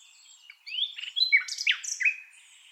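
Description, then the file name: Common nightingale phrase of several short slurred whistles, rising and falling notes in quick succession, lasting under two seconds. "Luscinia megarhynchos"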